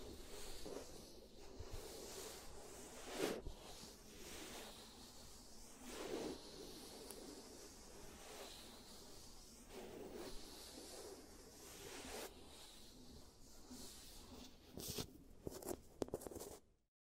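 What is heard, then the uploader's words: Sounds of a giant teeth treatment, fixing cavities: a steady, dense hiss and scratchy rustle run throughout, with a faint rising whine in the middle. Sharper swishing bursts break through every few seconds, clustering near the end before the sound cuts off. Giant Teeth Treatment, Fixing Your Cavities. (No Talking).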